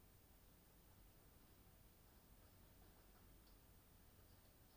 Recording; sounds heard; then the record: poultry house recording; no chicken sound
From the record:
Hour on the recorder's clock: 23